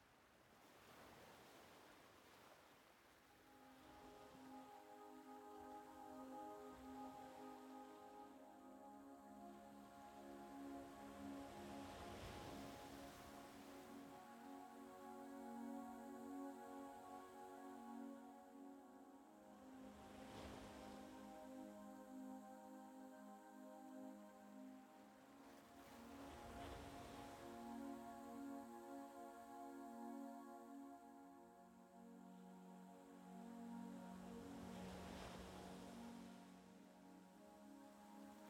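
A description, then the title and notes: Waves wash in roughly every seven seconds beneath sustained, slowly shifting low flute-like tones that hold steady, changing pitch only occasionally. Relaxing Zen Beach. The sound of the waves, pan flute.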